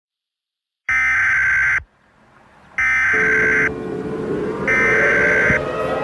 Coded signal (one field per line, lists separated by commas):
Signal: Emergency Alert System (SAME) tones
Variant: header bursts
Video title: Yellowstone SuperVolcano Mini EAS Scenario